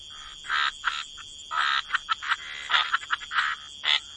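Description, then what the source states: Frogs croaking in short separate bursts, some single and some in quick pairs, over a constant high whine. Frog chorus.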